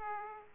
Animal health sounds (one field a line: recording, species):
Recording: mosquito wingbeat signal from an infrared sensor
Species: Aedes aegypti